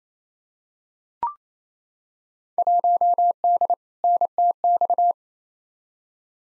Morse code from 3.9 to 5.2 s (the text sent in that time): NTX